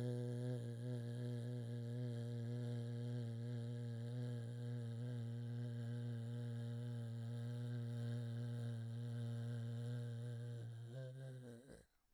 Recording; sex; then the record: sustained vowel /e/; male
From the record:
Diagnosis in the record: Parkinson's disease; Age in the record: 68 years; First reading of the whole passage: 84 s, 6.2 characters per second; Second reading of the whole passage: 63 s, 8.2 characters per second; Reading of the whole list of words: 57 s, 5.0 characters per second